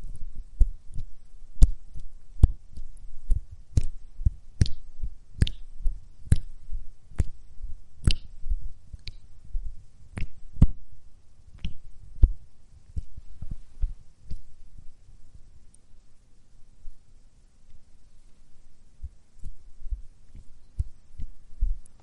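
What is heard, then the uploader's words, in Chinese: Body lotion being rubbed onto skin, with steady sharp slapping pats about twice a second for twelve seconds, then only soft low rubbing. 睡前擦拭涂抹身体乳助眠啦。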